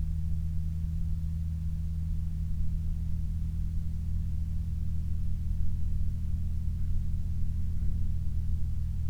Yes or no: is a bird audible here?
no